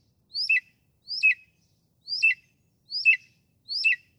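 Northern mockingbird song: one rising slurred phrase with a lower tail, repeated five times at an even, unhurried pace.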